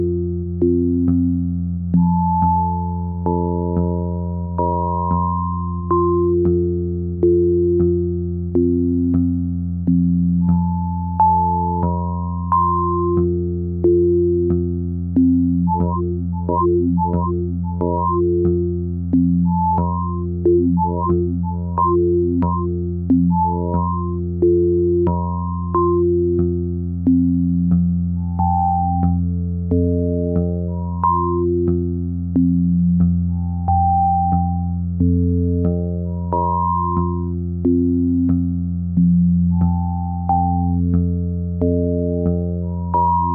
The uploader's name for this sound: Vactrol Drone Tones